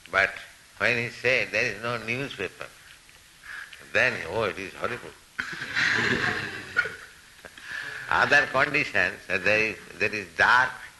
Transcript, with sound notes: But when he said, "There is no newspaper," then, "Oh, it is horrible." [laughter] Other conditions—that it is dark,